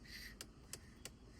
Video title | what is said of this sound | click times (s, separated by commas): Hyundai Verna Accident - दिसायला छोट पण खर्च मोठा - एक चूक महागात पडली 🥲 | अजून तीन आहे म्हणजे टोटल मिनिमम पाच असतात ओके टिकचा आवाज आला पाहिजे | 0.4 s, 0.7 s, 1.1 s